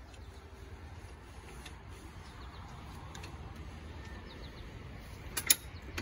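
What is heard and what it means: The awning support arm on a small Scamp 2000 travel trailer is pulled all the way out over a low, steady rumble, with faint taps near 1.7 s and 3.2 s. A sharp snap at 5.5 s marks the latch locking the arm in its extended position, followed by a softer knock around 6.0 s.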